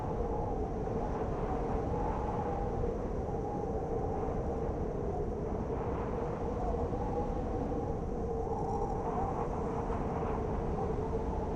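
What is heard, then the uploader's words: A blizzard roars in a dense, unbroken low rumble, with a steady hollow whistle humming through it the whole time. The wind swells slightly around two seconds and again near nine to ten seconds, then settles back without ever dropping away. Blizzard Winter Noise. Peaceful sound of white noise.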